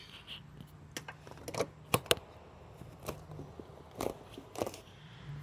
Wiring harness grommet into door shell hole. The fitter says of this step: Let you hear the click.